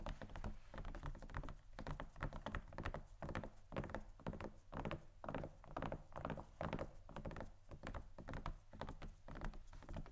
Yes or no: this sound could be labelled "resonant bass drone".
no